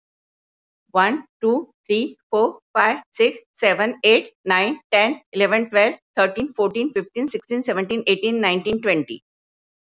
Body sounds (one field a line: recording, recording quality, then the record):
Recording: counting at a fast pace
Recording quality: excellent, no background noise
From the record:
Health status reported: healthy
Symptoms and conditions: none ticked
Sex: female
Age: 66 years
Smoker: not ticked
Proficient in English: yes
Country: India